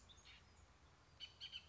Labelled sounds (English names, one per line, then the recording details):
Bullock's Oriole
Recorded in Sonoma County, California